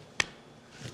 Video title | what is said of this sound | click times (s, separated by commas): In the wild finding knifes 🔪✨to review | now as for the sheath it's pretty decent it's got a nice click | 0.2 s